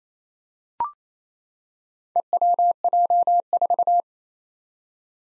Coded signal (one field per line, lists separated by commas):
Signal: Morse code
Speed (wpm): 27 wpm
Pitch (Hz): 700 Hz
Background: none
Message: EWJ4